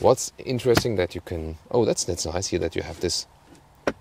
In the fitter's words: hear that thing click and then it's secured and